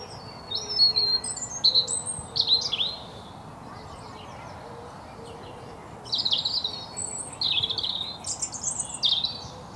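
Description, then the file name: European robin delivering high, sweet warbled phrases with slurred whistles, pausing a few seconds before a second thin, jumbled strophe. "Erithacus rubecula"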